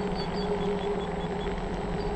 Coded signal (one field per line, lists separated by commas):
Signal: none